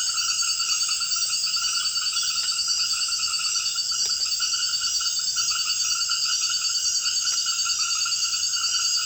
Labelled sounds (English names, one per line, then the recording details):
none
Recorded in secondary vegetation near Puerto Asís, Putumayo, Colombia, on 30 June 2025 at 18:30
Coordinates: 0.498, -76.327
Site GP09